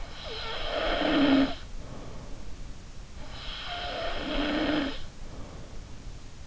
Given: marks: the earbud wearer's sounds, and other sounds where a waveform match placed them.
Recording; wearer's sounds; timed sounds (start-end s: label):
sounds in sleep by an in-ear microphone; snoring breath
0.00-2.51 s: snoring breath
3.26-5.86 s: snoring breath